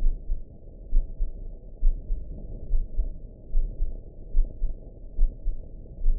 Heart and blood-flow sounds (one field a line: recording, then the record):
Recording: heart sounds by optical stethoscope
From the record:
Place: aortic valve (AV)